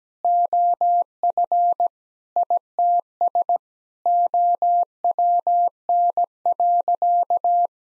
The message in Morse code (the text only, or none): OF ITS OWN.